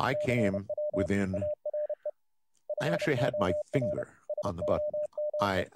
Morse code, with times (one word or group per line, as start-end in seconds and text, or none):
0.1-1.1 CW
1.3-2.1 ARE
2.7-4.0 FOR
4.3-5.6 SOME